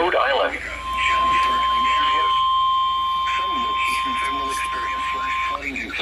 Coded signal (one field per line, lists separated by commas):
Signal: Emergency Alert System (SAME) tones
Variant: 1050 Hz attention tone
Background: speech